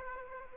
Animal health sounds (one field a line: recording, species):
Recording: mosquito wingbeat signal from an infrared sensor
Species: Aedes aegypti